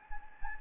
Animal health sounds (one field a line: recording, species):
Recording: mosquito wingbeat signal from an infrared sensor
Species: Anopheles gambiae